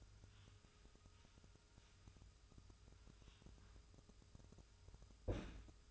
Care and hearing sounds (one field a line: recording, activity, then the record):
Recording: daily activity, microphone in the room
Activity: wipe stove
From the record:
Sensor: 2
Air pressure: 1004.8 hPa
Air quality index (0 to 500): 73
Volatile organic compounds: 1 ppm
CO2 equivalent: 861 ppm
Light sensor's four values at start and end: 7/16/7/7 and 7/16/7/7